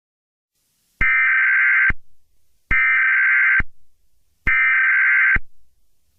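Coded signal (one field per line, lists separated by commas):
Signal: Emergency Alert System (SAME) tones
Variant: header bursts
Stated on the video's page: Fictional EAS scenario, not a real broadcast alert.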